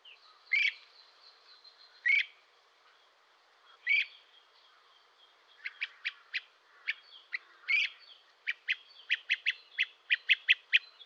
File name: dan-gibsons-solitudes great-crested-flycatcher